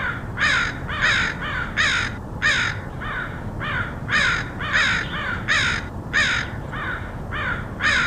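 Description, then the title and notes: Crows giving harsh, grating caws in rapid, uneven runs, several birds overlapping, over a constant low background rumble. Crows recorded in Portland, Oregon, in August 2003. "Crows of Portland. Crows recorded by Dan Bodah in Portland, OR, August 2003"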